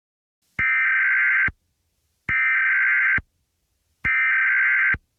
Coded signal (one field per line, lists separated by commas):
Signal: Emergency Alert System (SAME) tones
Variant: header bursts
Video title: EAS Scenario #3: Chicago Lightning Ball